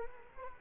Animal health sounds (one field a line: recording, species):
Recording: mosquito wingbeat signal from an infrared sensor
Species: Culex quinquefasciatus